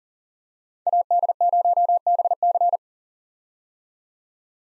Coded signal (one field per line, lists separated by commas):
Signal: Morse code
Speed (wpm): 38 wpm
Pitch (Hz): 700 Hz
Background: none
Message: AD0BC